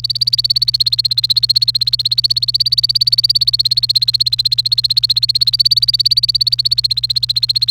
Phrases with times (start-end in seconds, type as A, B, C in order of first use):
0.00-7.70 A